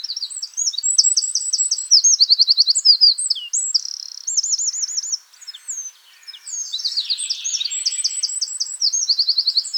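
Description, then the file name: Eurasian wren delivering long, shrill bursts of fast trills and buzzy rattles at a very high pitch, with only a brief gap between rushing phrases. "Troglodytes troglodytes"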